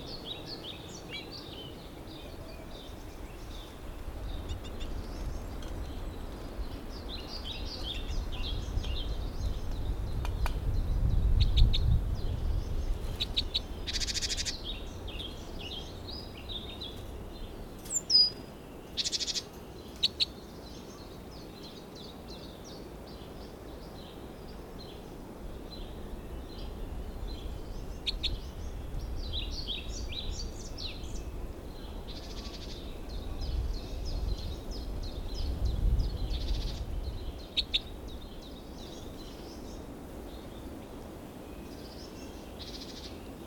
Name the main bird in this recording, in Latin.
Loxia leucoptera